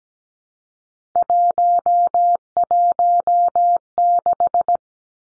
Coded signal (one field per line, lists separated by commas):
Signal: Morse code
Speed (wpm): 17 wpm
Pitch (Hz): 700 Hz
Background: none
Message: 116